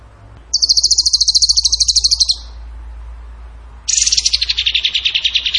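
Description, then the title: Bird song: a fast, high buzzy trill lasting nearly two seconds, a pause, then a second slightly lower, falling rapid trill. Masteran training song for birds in the tembakan gacor style. "Masteran Burung Tembakan Gacor"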